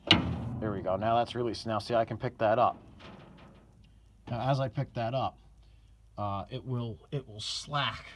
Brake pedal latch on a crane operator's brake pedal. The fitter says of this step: the toe here is a latch so you'll hear it click out a fight there